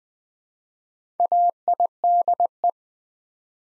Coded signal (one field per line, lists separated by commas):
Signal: Morse code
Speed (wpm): 20 wpm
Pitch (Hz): 700 Hz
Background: none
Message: AIDE